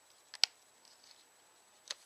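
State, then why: Seated. The plastic arm of a combining robot figure is pegged into the combined body. A soft tick comes just before a loud, sharp click at 0.4 s as the arm locks into place, and another lighter click follows at 1.9 s.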